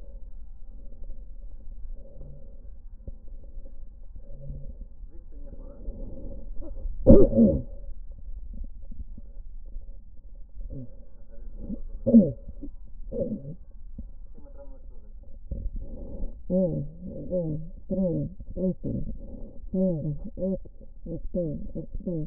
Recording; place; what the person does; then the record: lung sounds by stethoscope; left posterior basal chest; quiet breathing, then cough and speech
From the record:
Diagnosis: interstitial lung disease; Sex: female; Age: 72 years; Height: 153 cm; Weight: 71 kg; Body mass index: 30.3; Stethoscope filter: diaphragm mode